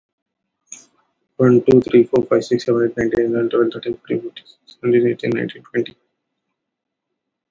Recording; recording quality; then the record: counting at a fast pace; excellent, no background noise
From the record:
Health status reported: COVID-19 positive, mild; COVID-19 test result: positive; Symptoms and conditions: breathing difficulty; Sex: male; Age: 39 years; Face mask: not worn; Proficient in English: yes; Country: India